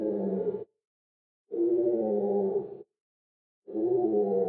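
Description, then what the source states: Crow giving a few drawn-out, low, hoarse caws with clean silent gaps between them. Slow crow call.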